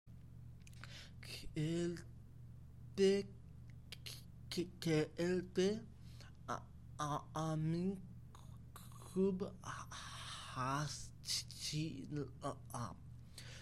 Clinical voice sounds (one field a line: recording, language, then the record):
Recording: elicited speech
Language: Bengali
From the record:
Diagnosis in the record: Broca's or global aphasia after a stroke